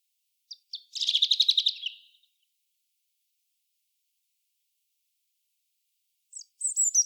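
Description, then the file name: European robin giving a fast, high trill of rapid ticking notes for about a second, then silence, then a brief thin high phrase near the end. "Erithacus rubecula"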